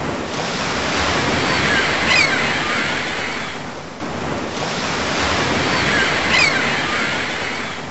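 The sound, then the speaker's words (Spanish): Ocean waves wash in with a steady, broad rushing hiss, swelling twice into brighter surges of breaking surf before easing back. No voices are present. “El mar. Cuánto anhelo mirarte.”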